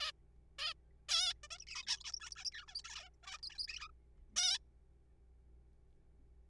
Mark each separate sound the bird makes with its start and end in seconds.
0.01-0.11, 0.59-0.73, 1.09-1.33, 1.43-1.47, 1.51-1.58, 1.60-1.65, 1.67-1.83, 1.83-1.86, 1.87-1.99, 2.01-2.03, 2.04-2.12, 2.12-2.19, 2.21-2.30, 2.31-2.35, 2.36-2.44, 2.45-2.50, 2.52-2.65, 2.68-2.81, 2.84-3.08, 3.24-3.38, 3.43-3.58, 3.58-3.66, 3.68-3.88, 3.89-3.92, 4.36-4.58